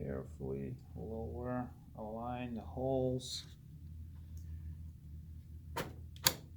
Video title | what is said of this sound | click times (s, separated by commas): How to properly install Nvidia 2070 video card on a gaming computer | Alright, that was a nice click in there. | 6.3 s